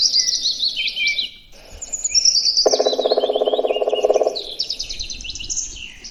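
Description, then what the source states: Black Woodpecker drum: one steady, rapid burst of knocks of about one and a half seconds, set among busy high chirping and warbling of other birds. Drumming, which in woodpeckers takes the role of song in songbirds in spring: marking territory and attracting a partner.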